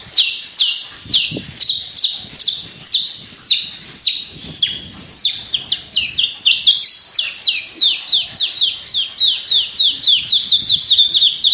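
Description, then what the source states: Javan bush lark song: a long, steady series of high downslurred notes. It starts about twice a second, then quickens into a rapid, rolling chain of chirps. Local name branjangan; described as gacor, meaning singing actively and persistently; song style or bird called Petir.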